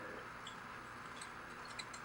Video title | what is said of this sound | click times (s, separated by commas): Diagnostics by Design: a hack day for global health - Team Visionaries, 2nd Place Prize | now what you do is basically set the little stage up which simply just pops right in there | 1.8 s